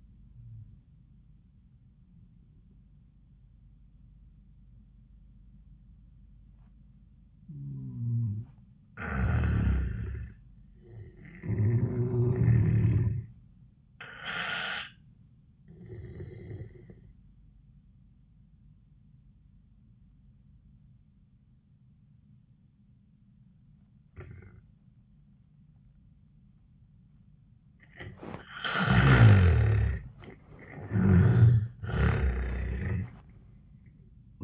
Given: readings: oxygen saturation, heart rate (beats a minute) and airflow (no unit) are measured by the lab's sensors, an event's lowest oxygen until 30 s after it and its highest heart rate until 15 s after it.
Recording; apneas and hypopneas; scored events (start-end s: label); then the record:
breathing in sleep by a smartphone at the bedside; 1
6.00-34.44 s: new sleep stage, N2 (light sleep)
17.00-29.30 s: obstructive apnea (N2, oxygen 96% highest, then 85% lowest, heart rate 92 at the start, 96 highest)
From the record:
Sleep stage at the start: N1 (lightest sleep); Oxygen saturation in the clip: 76 to 96%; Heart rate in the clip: 72 to 96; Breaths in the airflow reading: 3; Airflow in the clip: -14.0 to 8.5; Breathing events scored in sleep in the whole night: 400 in 8.7 hours asleep